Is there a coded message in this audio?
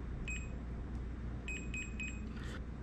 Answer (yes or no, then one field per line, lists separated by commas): no